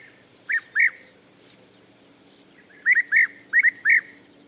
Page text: Золотистая щурка - автор записи - Tomas Belka